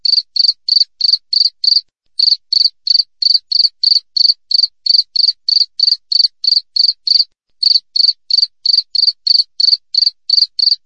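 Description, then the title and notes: Cricket chirp sequence: bright, scratchy pulses at a brisk, regular pace, broken by two short pauses, then continuing evenly; nothing else audible. Wild cricket recorded clearly with tight gaps between chirps, intended as a tutor recording for training songbirds and for repelling rats. "Masteran Jangkrik Alam Jernih, Jeda Rapat Cocok Untuk Masteran Burung Dan Mengusir Tikus. suara jangkrik"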